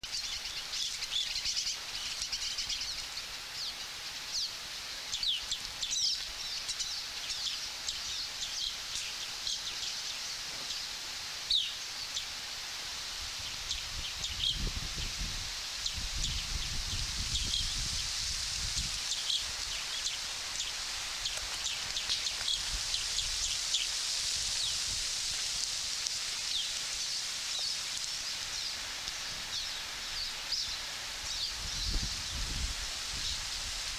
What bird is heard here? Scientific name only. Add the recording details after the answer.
Junco hyemalis. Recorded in the wild. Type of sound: call. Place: Elk Island National Park, Beaver Hills, Alberta, CA. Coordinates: 53.6778, -112.826. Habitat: coniferous forest. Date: 1991-09-22 11:30. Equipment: Sony WM-D6C, Sony ECM-939 LT (Stereo), Kopie Uher 4400 IC. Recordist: Frommolt, Karl-Heinz. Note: Rufe